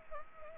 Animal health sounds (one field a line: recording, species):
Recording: mosquito wingbeat signal from an infrared sensor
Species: Anopheles arabiensis